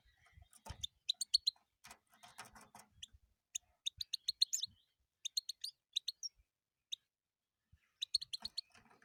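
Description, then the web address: European goldfinch song, scattered short twittering phrases of sharp, high chirps separated by silent gaps. "penie schegla"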